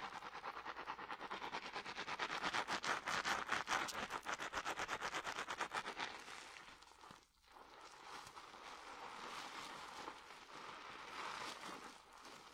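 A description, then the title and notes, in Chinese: Dry shampoo is worked into hair with quick, regular rubbing and scratching strokes, a dense hissy rustle for the first six seconds. After a brief pause near seven seconds, the rubbing resumes, softer and more blended, swelling twice before the end. 发廊小姐姐为你的头发做干洗。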